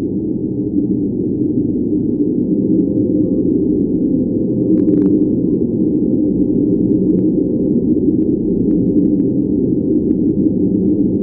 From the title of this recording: Deep Space Winds and Low Frequency White Noise